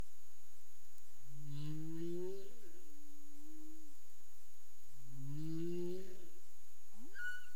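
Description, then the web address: Humpback whale song units: two long, low, slowly rising moans with harmonics, a steady mid-pitched tone between them, then a brief upward sweep and a short high whistle near the end. Caribbean, recorded 30 April 2035 at 03:35 UTC. "humpback whale 20350430 033531 UTC"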